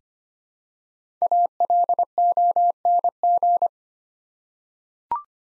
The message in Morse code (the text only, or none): ALONG